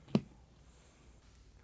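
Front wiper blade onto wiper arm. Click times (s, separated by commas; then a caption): 0.2 s. A passenger-side front wiper blade on a 2022-present Volkswagen Mk8 Golf R/GTI is slid back onto the wiper arm hook with its button pressed. A single sharp plastic latch click is heard at 0.2 s, followed by quiet low background noise. The blade is seated on the arm.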